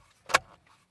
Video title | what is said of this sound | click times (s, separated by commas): Vios Gen 2 Aftermarket Radio Install | you hear it lock in place | 0.4 s